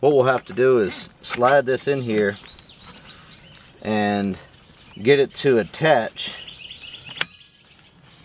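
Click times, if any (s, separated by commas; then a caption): 7.2 s. A brush cutter head shaft is slid into the drive coupling of a 52cc 6-in-1 backpack multi brush cutter and pushed until it locks, while someone talks. It clicks into place with a sharp snap at 7.2 s, and a locating pin then drops into position.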